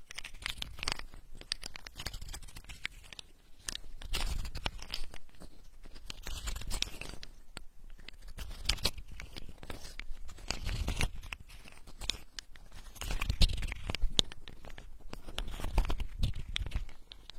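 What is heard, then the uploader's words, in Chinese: Macadamia nuts make a dense run of small cracks, crunches and rustles that continues for the whole stretch. The sound is crisp and bright, with irregular bursts of louder crunching around 4, 11 and 13–16 seconds and quieter scratchy patches between. 夏威夷坚果好听的声音。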